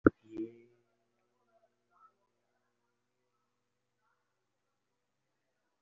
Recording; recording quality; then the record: sustained vowel as in made; poor, much background noise or distortion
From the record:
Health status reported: respiratory illness, not identified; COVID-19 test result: negative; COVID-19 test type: RT-PCR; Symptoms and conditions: cold, breathing difficulty, sore throat, asthma, another respiratory illness, another condition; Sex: male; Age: 39 years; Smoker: no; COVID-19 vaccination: one dose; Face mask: worn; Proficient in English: no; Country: India